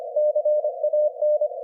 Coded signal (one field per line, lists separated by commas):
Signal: Morse code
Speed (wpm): 25 wpm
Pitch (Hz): 600 Hz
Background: none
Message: CAN